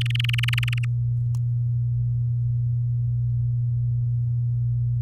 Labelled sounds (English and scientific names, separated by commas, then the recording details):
Domestic Canary (Serinus canaria) song
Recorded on 6 May 2018 at 06:15
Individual llb16